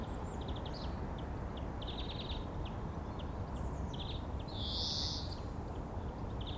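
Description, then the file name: European greenfinch calls: scattered short chirps and a louder nasal, buzzy wheeze late, over steady low rumbling background noise. "Chloris chloris"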